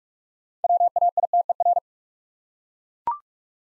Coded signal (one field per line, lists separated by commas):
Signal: Morse code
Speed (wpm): 44 wpm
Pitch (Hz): 700 Hz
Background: none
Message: WAITER